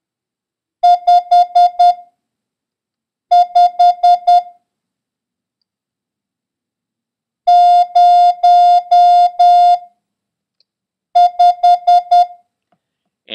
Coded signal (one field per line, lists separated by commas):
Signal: Morse code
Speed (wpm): 10 wpm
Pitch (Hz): 710 Hz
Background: none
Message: 55 05